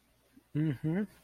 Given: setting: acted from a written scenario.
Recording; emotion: vocal sound without words; sympathy